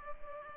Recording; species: mosquito wingbeat signal from an infrared sensor; Culex pipiens